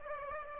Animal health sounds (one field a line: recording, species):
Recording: mosquito wingbeat signal from an infrared sensor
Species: Aedes aegypti